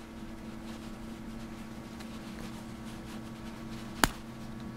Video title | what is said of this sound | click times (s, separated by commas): Lock Bypassing: Shim a Padlock, Bump a Deadbolt | feel it click just like that that means you just bypass the first lock on that one side of the hasp so | 4.0 s